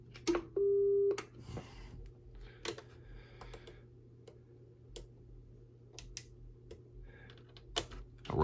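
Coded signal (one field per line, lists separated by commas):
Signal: roger beep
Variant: very low-toned custom beep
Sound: a brief low blip, then a half-second steady low tone, then key clicks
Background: mains hum, clicks, talking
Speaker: here's the first one I programmed just wham bam thank you ma'am type deal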